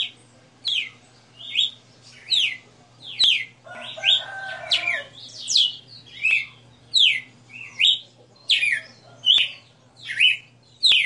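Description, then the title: Red-cowled cardinal delivering a long chain of crisp whistled notes, closely spaced and fairly regular. A brief lower buzzing passage appears partway through, and a constant hum sits underneath. Female bird singing live; the song is described as a 60-note song. "Canto Galo Campina Fêmea 02. Galo de Campina 60 NOTAS Cantando Ao vivo"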